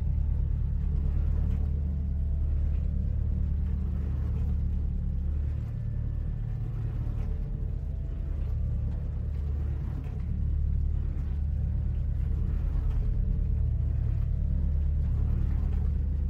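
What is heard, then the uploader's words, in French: A calm, muffled sound: a deep, steady rumble dominated by low tones, like an engine. The level stays nearly constant for the whole stretch, with a slight dip and softer swells around six to ten seconds and little brightness above. Sons calmes et sourds. Ces bruits doux et enveloppants.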